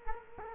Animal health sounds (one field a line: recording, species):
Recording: mosquito wingbeat signal from an infrared sensor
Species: Culex quinquefasciatus